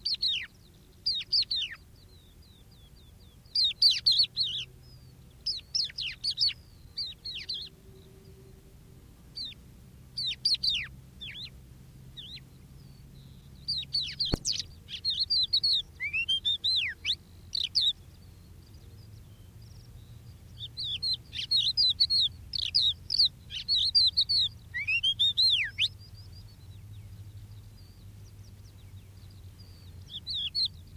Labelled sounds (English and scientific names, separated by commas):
Crested Lark (Galerida cristata) song